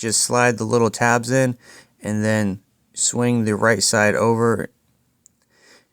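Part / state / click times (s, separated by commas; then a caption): plastic interior trim panel into truck dash/glovebox opening / seated / 5.3 s. A plastic interior trim panel behind the cabin filter is reinstalled in the dash/glovebox opening of a 2022–2025 Toyota Tundra truck: its left-side tabs are slid in, then the right side is swung over and pressed. Someone talks through most of the clip, and after the speech stops a sharp, brief click at 5.3 s marks the panel locking into place, followed by a faint soft sound.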